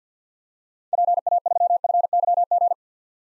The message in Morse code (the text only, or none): PA3FYG